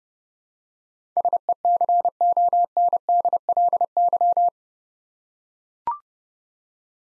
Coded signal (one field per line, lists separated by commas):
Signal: Morse code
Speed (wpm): 29 wpm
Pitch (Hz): 700 Hz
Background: none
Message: SECONDLY